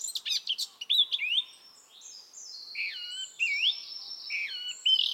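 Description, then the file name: Eurasian blackcap warbling: rapid scratchy notes at first, then longer clear slurred whistles, some rising and some falling. "Sylvia atricapilla"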